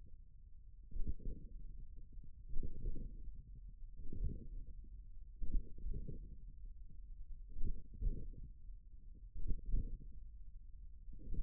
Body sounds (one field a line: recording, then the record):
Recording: forearm muscle sounds (acoustic myography)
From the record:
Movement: hook grip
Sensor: system 1, eight BSWA MPA416 microphones around the upper forearm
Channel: 6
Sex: male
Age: 41 years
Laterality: right